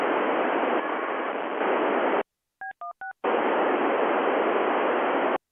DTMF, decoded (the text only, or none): B16